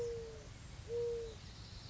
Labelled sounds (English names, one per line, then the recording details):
Mourning Dove
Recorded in Sonoma County, California